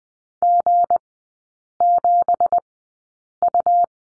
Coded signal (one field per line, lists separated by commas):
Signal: Morse code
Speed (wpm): 20 wpm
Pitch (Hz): 700 Hz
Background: none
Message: G7U